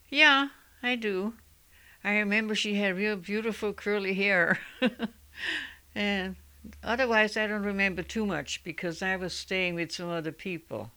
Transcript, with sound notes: Yeah, I do. I remember she had real beautiful curly hair. [Laughs] Yeah. Otherwise I don't remember too much, because I was staying with some other people.